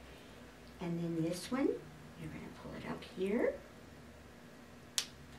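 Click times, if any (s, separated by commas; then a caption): 5.0 s. Someone talks while a second toupee clip on a Jon Renau Top Form hair topper in 6/33 and 12FS8 is pulled up and snapped closed onto the wearer's hair. A short, sharp click sounds at 5.0 s as the clip seats shut.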